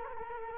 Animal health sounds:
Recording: mosquito wingbeat signal from an infrared sensor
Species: Culex quinquefasciatus

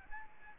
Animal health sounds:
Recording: mosquito wingbeat signal from an infrared sensor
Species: Aedes albopictus

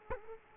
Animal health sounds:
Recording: mosquito wingbeat signal from an infrared sensor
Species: Culex quinquefasciatus

